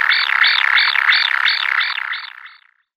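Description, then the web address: Common kingfisher nestlings making rapid buzzy rasping calls, about three pulses a second, fading out after two and a half seconds into silence. "Schulze Peter Common Kingfisher nestlings"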